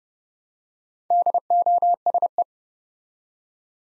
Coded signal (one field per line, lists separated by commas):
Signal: Morse code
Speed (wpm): 30 wpm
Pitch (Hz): 700 Hz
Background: none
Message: DOSE